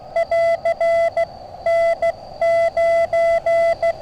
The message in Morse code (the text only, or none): <AR> N9